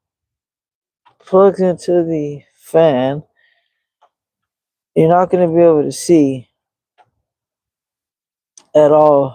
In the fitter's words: You're not going to be able to see at all where it's plugging into, but you can hear that click.